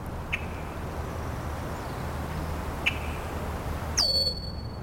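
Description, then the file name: Red-winged blackbird alarm: two sharp check notes about 2.5 seconds apart, then a high thin whistle near the end, over steady low background rumble. Marsh on Saturna Island, British Columbia, April 22, 2026, 2 p.m., calm afternoon; alternating alarm whistles and check calls. "2026 April 22 14 00"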